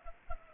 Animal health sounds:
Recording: mosquito wingbeat signal from an infrared sensor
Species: Culex pipiens

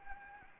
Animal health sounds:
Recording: mosquito wingbeat signal from an infrared sensor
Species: Anopheles gambiae

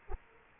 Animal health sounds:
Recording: mosquito wingbeat signal from an infrared sensor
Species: Culex quinquefasciatus

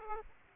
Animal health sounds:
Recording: mosquito wingbeat signal from an infrared sensor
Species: Aedes aegypti

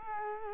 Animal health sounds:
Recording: mosquito wingbeat signal from an infrared sensor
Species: Culex quinquefasciatus

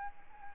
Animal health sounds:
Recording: mosquito wingbeat signal from an infrared sensor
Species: Aedes albopictus

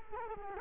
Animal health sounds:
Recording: mosquito wingbeat signal from an infrared sensor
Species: Culex quinquefasciatus

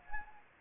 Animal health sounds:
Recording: mosquito wingbeat signal from an infrared sensor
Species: Anopheles gambiae

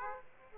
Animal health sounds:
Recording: mosquito wingbeat signal from an infrared sensor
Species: Aedes aegypti

